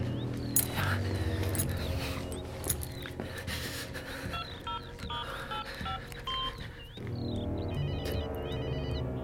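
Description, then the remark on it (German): A mobile phone rings with a bright electronic ringtone, short repeated beeping tones over a busy, noisy background. “Vielleicht liegt hier irgendwo sein Handy.”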